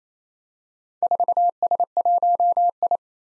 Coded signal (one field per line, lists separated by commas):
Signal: Morse code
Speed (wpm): 27 wpm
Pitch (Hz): 700 Hz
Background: none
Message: 4S1I